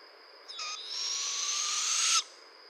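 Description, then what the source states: Barred owl with a brief rasp, then one long, loud hissing screech lasting about one and a half seconds. Recorded 15 June 2011.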